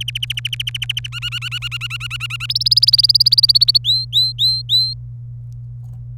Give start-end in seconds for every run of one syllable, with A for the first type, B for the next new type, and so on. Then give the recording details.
0.01-1.07 A, 1.12-2.46 B, 2.49-3.78 C, 3.84-4.93 D. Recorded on 27 April 2018 at 15:26. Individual llb3